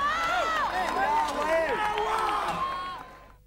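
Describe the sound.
A large crowd at an outdoor concert at the Ferro stadium on the Saturday night of 5 December 2009 cheers and applauds, many voices whooping and shouting over scattered clapping in a steady loud wash that fades out near the end.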